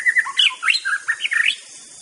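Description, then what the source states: White-rumped shama song fragment: rapid liquid whistles jumping up and down in pitch for under two seconds, with faint background hiss. Wild bird, natural song recorded in forest.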